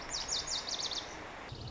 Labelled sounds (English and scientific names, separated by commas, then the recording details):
Lazuli Bunting (Passerina amoena)
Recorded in Sonoma County, California